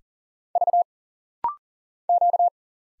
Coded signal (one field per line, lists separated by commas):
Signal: Morse code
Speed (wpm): 39 wpm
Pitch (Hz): 700 Hz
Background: none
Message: V Q